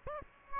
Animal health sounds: mosquito wingbeat signal from an infrared sensor; Aedes aegypti

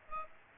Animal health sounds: mosquito wingbeat signal from an infrared sensor; Aedes aegypti

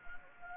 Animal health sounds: mosquito wingbeat signal from an infrared sensor; Anopheles gambiae

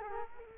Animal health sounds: mosquito wingbeat signal from an infrared sensor; Culex quinquefasciatus

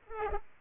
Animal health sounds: mosquito wingbeat signal from an infrared sensor; Culex pipiens

